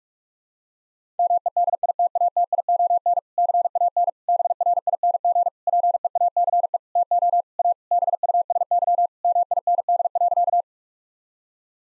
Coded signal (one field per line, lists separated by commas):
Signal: Morse code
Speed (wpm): 46 wpm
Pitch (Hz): 700 Hz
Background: none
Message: MEDITATION CAN BRING PEACE TO A BUSY MIND.